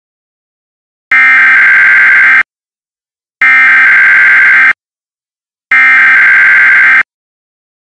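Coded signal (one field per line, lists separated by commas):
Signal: Emergency Alert System (SAME) tones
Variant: header bursts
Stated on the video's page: Mock Required Monthly Test.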